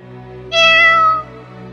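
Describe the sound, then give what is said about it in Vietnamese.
A single drawn-out meow from a black cat, loud and clear with a bright harmonic tone that slides slightly downward before fading, heard alone over a low steady hum. “Giữa khung cảnh yên lặng đến mức khiến người ta khó thở, con mèo đen kia lại kêu một tiếng.”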